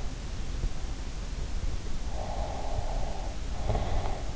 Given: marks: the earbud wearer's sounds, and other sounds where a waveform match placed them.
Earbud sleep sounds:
sounds in sleep by an in-ear microphone; breath
2.21-4.35 s: breath

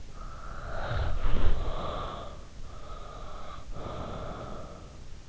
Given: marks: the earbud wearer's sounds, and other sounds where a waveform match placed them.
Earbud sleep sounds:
sounds in sleep by an in-ear microphone; snoring breath, body movement, breath
0.08-2.53 s: snoring breath
0.85-1.65 s: body movement
2.64-5.24 s: breath

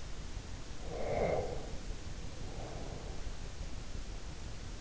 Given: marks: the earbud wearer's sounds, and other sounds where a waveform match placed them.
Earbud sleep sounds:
sounds in sleep by an in-ear microphone; breath
0.85-3.31 s: breath

